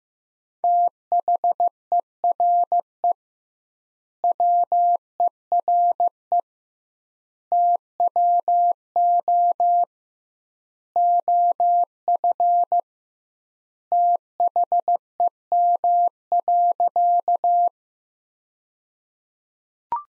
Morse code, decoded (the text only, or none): THERE WERE TWO OF THEM.